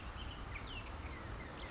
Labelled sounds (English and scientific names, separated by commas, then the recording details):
Bullock's Oriole (Icterus bullockii)
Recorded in Sonoma County, California